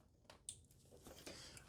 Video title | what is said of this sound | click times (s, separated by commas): 4080 Upgrade and a home Unraid server build. 80 Terabytes! | heard a click | 0.5 s